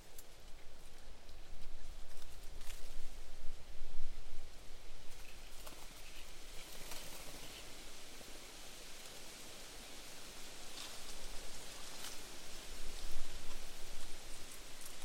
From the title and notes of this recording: A subtle, cool morning in a small pocket of Mallee woodland surrounded by saltbush desert near Lake Mungo. Recorded in May. Mungo National Park, NSW, Australia. Quiet Morning In The Mallee Woodland.